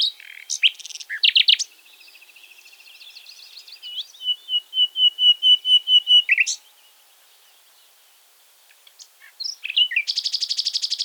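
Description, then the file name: Common nightingale singing: loud chirps and trills, then a long series of evenly spaced, pulsing whistled notes, a pause, and a buzzy rapid trill at the end. "Luscinia megarhynchos"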